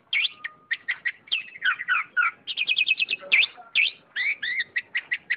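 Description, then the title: Oriental magpie-robin pouring out a rich, varied song of quick whistled and slurred notes, some phrases repeated in fast clusters, almost without pause. "Kicau Kacer"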